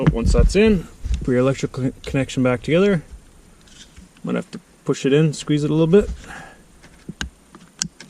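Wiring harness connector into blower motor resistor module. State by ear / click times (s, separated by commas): seated / 7.8 s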